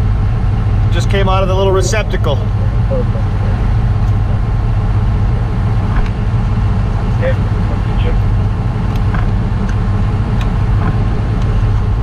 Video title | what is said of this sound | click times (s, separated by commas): 793B Safety chain and dash lights | it just snaps in it doesn't twist or anything it literally just pushes in clicks right in look at that nailed it | 9.2 s